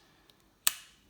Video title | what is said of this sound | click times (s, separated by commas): Vauxhall Opel Corsa Astra Vectra Key Fob Battery Replacement | you just pop the case back on make sure it clicks in place | 0.7 s